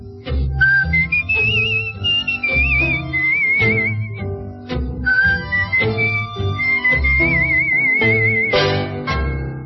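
A clear, high whistled tango melody glides and trills in long phrases over a rhythmic instrumental accompaniment with steady bass beats, with no talking, played on the radio show Buenas Noches Tango.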